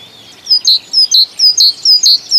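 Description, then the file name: Great tit song: clear two-note phrases, a high whistle dropping to a lower stressed note, repeated rapidly about four times in steady rhythm. "Bogatka"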